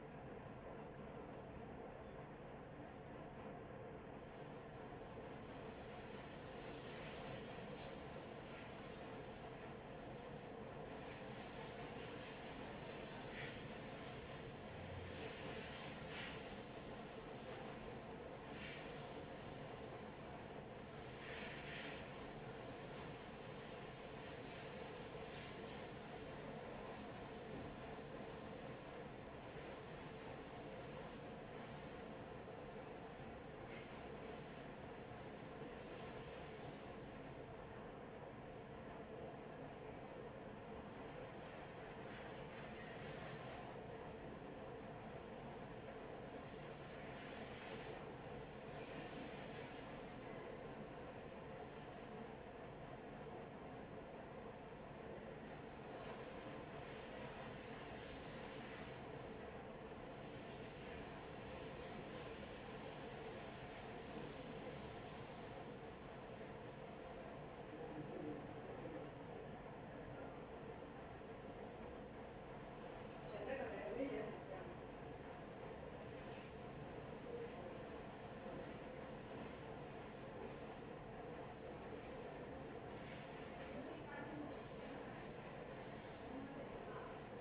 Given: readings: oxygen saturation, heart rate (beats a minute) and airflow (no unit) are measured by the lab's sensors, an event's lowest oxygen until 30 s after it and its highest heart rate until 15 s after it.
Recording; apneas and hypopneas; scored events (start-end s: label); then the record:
a person awake in a sleep study, by a smartphone at the bedside; none
0.00-87.41 s: awake
0.00-87.41 s: awake
From the record:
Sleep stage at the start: awake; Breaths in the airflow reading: 32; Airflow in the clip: -0.6 to 0.7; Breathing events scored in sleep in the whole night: 263 in 5.5 hours asleep